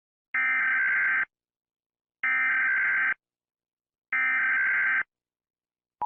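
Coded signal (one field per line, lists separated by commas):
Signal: Emergency Alert System (SAME) tones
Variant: header bursts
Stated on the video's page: Fictional EAS scenario.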